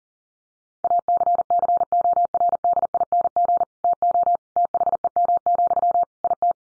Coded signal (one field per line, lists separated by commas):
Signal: Morse code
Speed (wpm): 40 wpm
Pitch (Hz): 700 Hz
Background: none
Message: ACCORDING TO THEM, IT